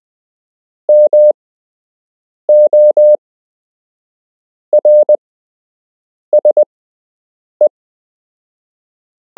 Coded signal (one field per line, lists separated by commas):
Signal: Morse code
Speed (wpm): 20 wpm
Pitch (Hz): 600 Hz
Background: none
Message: MORSE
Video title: You can learn Morse code - Part 4